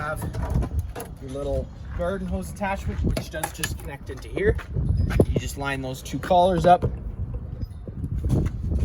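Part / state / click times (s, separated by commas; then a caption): garden hose quick-connect fitting into trailer water connection / not seated / none. Someone talks while lining up the two collars of a garden hose quick-connect attachment with the outdoor water connection on a 2024 Forest River Surveyor 252 RBLE trailer, with faint handling ticks near 7.9 s and 8.3 s. Nothing has seated or clicked yet.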